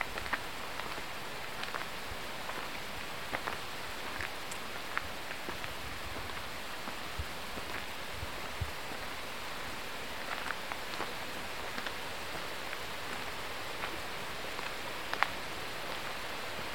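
Water runs over rocks in a steady, dense wash that holds an even level throughout. Bright, sharp splashes and drips pop out of the flow every second or so, a little louder around four and fifteen seconds, over a soft low rumble.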